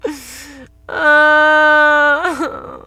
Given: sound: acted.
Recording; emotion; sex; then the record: nonverbal affect burst; sadness; female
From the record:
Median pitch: 302 Hz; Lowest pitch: 160 Hz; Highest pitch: 537 Hz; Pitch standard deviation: 37 Hz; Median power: 73.8 dB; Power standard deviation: 13.6 dB